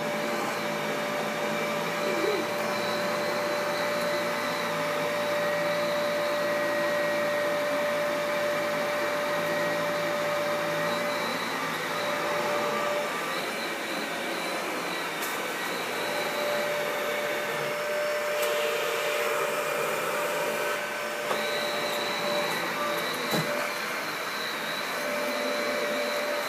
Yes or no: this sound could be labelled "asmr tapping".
no